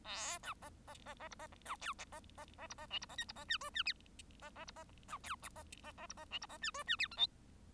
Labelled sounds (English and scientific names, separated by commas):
Bengalese Finch (Lonchura striata domestica) song